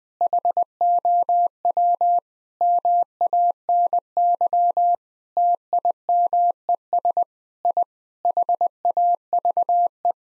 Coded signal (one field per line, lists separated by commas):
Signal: Morse code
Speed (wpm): 21 wpm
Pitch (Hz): 700 Hz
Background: none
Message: HOW MANY TIMES I HAVE